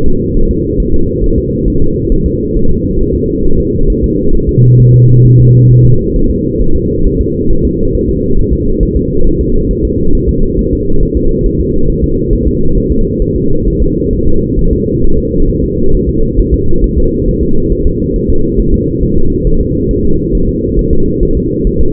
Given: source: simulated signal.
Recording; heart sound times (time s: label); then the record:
fetal heart sounds
0.08 s: S2
0.37 s: S1
0.51 s: S2
0.80 s: S1
0.94 s: S2
1.24 s: S1
1.38 s: S2
1.68 s: S1
1.82 s: S2
2.12 s: S1
2.26 s: S2
2.57 s: S1
2.71 s: S2
3.01 s: S1
3.15 s: S2
3.45 s: S1
3.60 s: S2
3.90 s: S1
4.04 s: S2
4.35 s: S1
4.49 s: S2
4.80 s: S1
4.94 s: S2
5.25 s: S1
5.40 s: S2
5.71 s: S1
5.85 s: S2
6.16 s: S1
6.30 s: S2
6.62 s: S1
6.76 s: S2
7.06 s: S1
7.21 s: S2
7.51 s: S1
7.65 s: S2
7.95 s: S1
8.09 s: S2
8.39 s: S1
8.53 s: S2
8.83 s: S1
8.97 s: S2
9.27 s: S1
9.41 s: S2
9.71 s: S1
9.85 s: S2
10.15 s: S1
10.29 s: S2
10.59 s: S1
10.73 s: S2
11.03 s: S1
11.17 s: S2
11.46 s: S1
11.60 s: S2
11.90 s: S1
12.04 s: S2
12.33 s: S1
12.47 s: S2
12.77 s: S1
12.91 s: S2
13.22 s: S1
13.36 s: S2
13.68 s: S1
13.82 s: S2
14.13 s: S1
14.27 s: S2
14.59 s: S1
14.73 s: S2
15.04 s: S1
15.18 s: S2
15.50 s: S1
15.64 s: S2
15.95 s: S1
16.09 s: S2
16.39 s: S1
16.54 s: S2
16.84 s: S1
16.98 s: S2
17.28 s: S1
17.43 s: S2
17.72 s: S1
17.87 s: S2
18.16 s: S1
18.30 s: S2
18.60 s: S1
18.74 s: S2
19.03 s: S1
19.17 s: S2
19.47 s: S1
19.61 s: S2
19.91 s: S1
20.05 s: S2
20.35 s: S1
20.49 s: S2
20.79 s: S1
20.93 s: S2
21.23 s: S1
21.37 s: S2
21.67 s: S1
21.81 s: S2
From the record:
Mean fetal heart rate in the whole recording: 135 bpm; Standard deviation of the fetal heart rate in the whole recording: 3 bpm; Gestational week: 36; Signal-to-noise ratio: -19.1 dB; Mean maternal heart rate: 72 bpm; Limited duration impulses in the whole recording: present